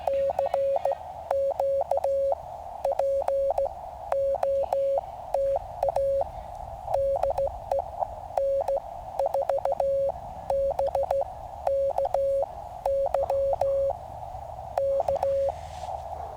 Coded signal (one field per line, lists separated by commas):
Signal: Morse code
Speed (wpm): 16 wpm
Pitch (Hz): 550 Hz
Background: none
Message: CQ POTA DE N4BKY K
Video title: Lightning Delay CW POTA/SOTA | Cheaha Mountain Adventure